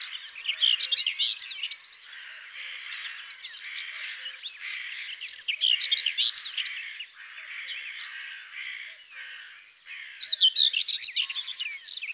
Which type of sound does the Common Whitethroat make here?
song